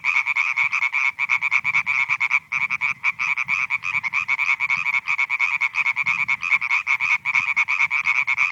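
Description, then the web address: European tree frog chorus: harsh, rapid repeated croaks, briefly broken by short gaps, over a faint low hum. "Viltansou Rainettes. la rainette verte"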